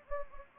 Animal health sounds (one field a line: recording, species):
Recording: mosquito wingbeat signal from an infrared sensor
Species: Anopheles gambiae